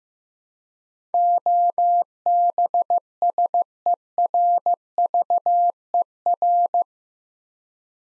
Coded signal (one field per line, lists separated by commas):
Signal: Morse code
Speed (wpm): 15 wpm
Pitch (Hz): 700 Hz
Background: none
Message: OBSERVER